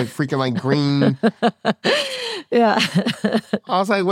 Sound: laughs